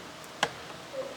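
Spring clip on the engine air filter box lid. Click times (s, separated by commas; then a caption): 0.4 s. On a 2013 Toyota Camry, with the new panel air filter in and the airbox lid's rear locking tabs engaged, a spring clip on the plastic engine air filter box is lifted and locked over the lid. It snaps home with one sharp tick at 0.4 s, and the clip is seated shut.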